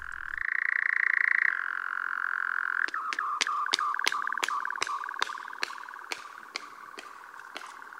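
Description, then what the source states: European nightjar: a steady, purring churr runs nearly throughout, broken from midway by a series of sharp, dry wing claps. Male clapping its wings as part of courting a prospective female.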